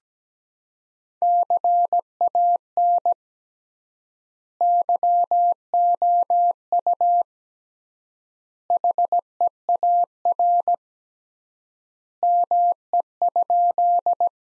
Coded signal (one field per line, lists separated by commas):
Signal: Morse code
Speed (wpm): 17 wpm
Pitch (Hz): 700 Hz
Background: none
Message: CAN YOU HEAR ME?